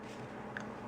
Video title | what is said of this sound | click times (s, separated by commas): Cung cấp Bút MontBlanc - Bút Ký Cao Cấp | when you take it apart you hear that click | 0.6 s